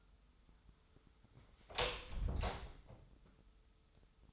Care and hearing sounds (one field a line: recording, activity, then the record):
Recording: daily activity, microphone in the room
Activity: close door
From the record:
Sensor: 3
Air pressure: 996.2 hPa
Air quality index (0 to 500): 41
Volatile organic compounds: 1 ppm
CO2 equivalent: 748 ppm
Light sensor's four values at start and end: 14/34/14/15 and 14/33/14/14